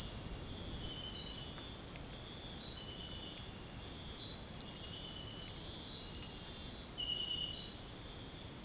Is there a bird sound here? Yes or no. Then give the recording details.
no. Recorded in dense forest near Puerto Asís, Putumayo, Colombia, on 30 June 2025 at 00:30. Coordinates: 0.503, -76.323. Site G059